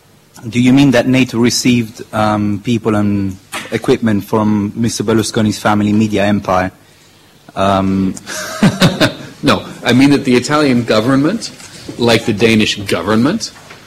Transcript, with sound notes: Do you mean that NATO received people and equipment from Mr. Berlusconi’s family media empire?
(Laughter) No. I mean that the Italian government, like the Danish government